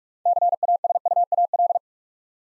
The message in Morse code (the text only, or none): CASUAL